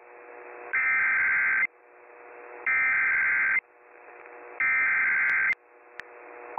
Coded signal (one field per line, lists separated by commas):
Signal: Emergency Alert System (SAME) tones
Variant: header bursts